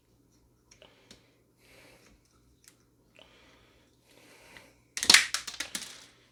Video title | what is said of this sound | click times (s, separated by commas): Sink Sprayer Head Replacement | Oh, you heard it pop. | 5.1 s